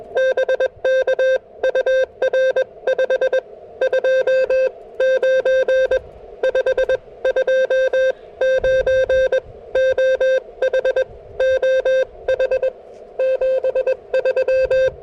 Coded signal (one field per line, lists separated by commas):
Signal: Morse code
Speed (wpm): 21 wpm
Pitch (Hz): 520 Hz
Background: music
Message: BK UR 529 529 OH OH 73